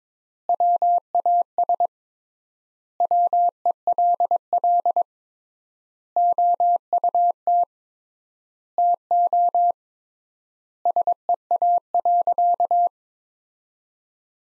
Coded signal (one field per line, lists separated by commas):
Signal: Morse code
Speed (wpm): 22 wpm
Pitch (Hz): 700 Hz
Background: none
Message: WAS WELL OUT TO SEA.